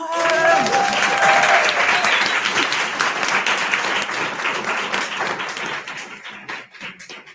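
applause

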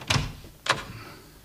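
door being opened

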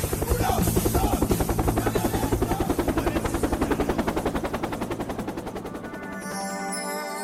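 helicopter flying

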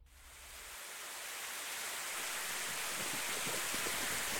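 steady pattering rain

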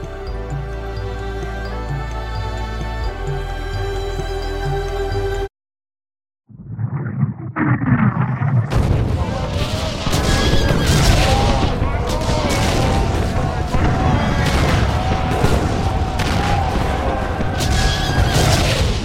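cannon shots

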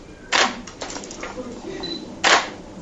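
camera shutter clicking

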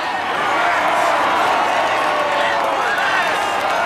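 crowd cheering

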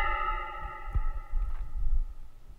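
phone ringing

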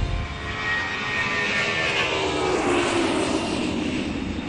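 airplane engine in flight

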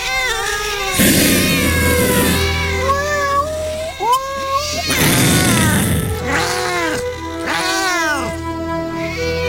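cat meowing

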